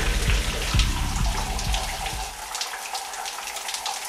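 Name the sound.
shower water running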